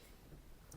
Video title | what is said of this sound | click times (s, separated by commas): Repairing a Trash 1981 Sony Walkman WMII into a 2024 Gem! | as it clicked into place we get a little screw out | 0.7 s